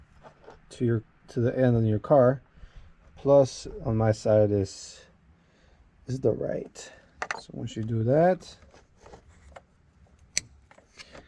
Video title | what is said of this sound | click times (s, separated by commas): (2020) upgrade your headlight bulbs to H.I.Ds for $25!! must watch. | boom clicks right in | 10.4 s